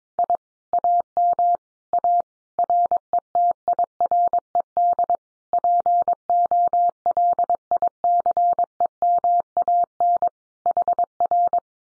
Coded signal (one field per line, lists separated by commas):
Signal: Morse code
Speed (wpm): 22 wpm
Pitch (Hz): 700 Hz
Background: none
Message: I AM A RETIRED POLICEMAN HR